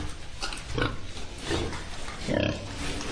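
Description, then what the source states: Pig grunts: a few rough, low oinking bursts over a steady, low rumbling background. Recorded in a pigpen.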